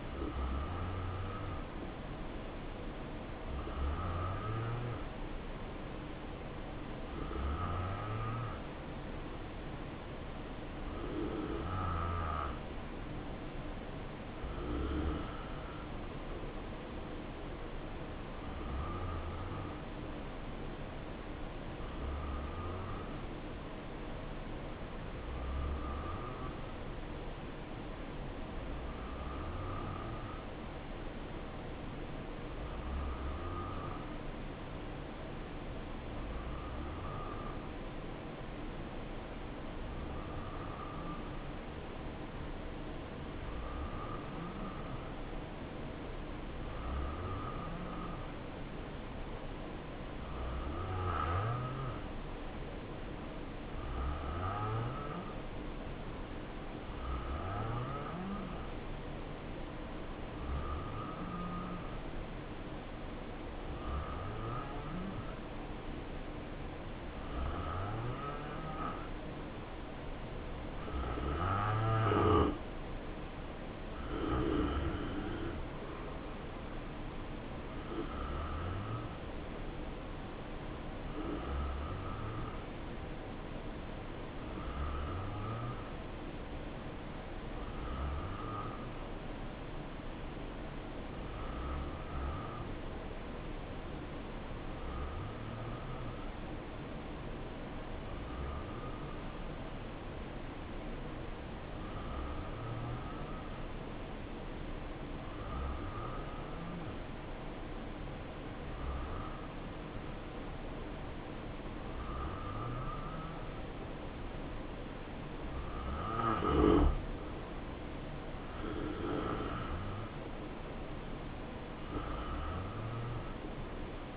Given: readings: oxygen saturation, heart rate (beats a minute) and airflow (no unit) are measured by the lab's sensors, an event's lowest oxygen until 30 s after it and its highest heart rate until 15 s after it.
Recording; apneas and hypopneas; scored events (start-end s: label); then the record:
breathing in sleep by a voice recorder at the bedside; 2
20.00-72.00 s: hypopnea (N2, oxygen 92% highest, then 87% lowest, heart rate 69 at the start, 73 highest)
78.00-117.60 s: hypopnea (N2, oxygen 92% highest, then 88% lowest, heart rate 71 at the start, 72 highest)
From the record:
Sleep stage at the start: N2 (light sleep); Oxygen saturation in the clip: 87 to 92%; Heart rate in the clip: 60 to 73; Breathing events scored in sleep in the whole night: 277 in 7.4 hours asleep